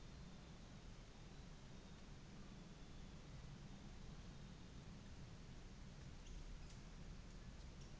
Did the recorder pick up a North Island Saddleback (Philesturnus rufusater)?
no